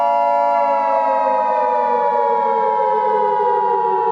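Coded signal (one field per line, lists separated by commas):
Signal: Emergency Alert System (SAME) tones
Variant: 853 and 960 Hz attention tone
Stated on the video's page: Fictional EAS scenario containing valid tones, simulated alert.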